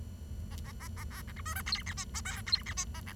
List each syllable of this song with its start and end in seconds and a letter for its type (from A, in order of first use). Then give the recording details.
0.51-0.56 A, 0.65-0.72 A, 0.80-0.88 A, 0.96-1.04 A, 1.10-1.22 B, 1.28-1.32 C, 1.36-1.41 D, 1.45-1.54 E, 1.55-1.62 F, 1.66-1.82 G, 1.86-1.94 H, 1.97-2.04 I, 2.14-2.21 J, 2.25-2.41 K, 2.46-2.62 G, 2.66-2.73 H, 2.77-2.85 I, 2.94-3.00 A, 3.06-3.13 C. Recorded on 23 June 2012 at 09:46. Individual gr41rd51